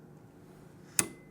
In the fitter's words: and you're going to hear that click. Now, that is locked in.